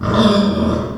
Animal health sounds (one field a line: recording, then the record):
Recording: squeal of a Yucatan mini pig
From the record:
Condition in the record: after surgery on the right vocal fold (resection and tissue-engineered implant)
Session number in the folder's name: 17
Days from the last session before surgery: 195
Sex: female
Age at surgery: 19 weeks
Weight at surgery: 25 kg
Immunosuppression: prednisolone